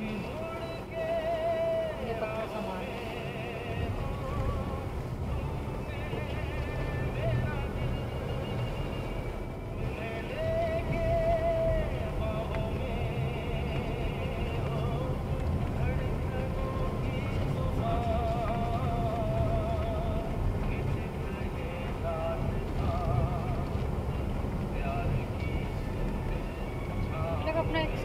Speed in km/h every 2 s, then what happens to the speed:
21, 23, 23, 24, 28, 28, 29, 30, 31, 31, 30, 31, 31, 31.
0-15 speeds up to 31. 15-28 steady at about 31.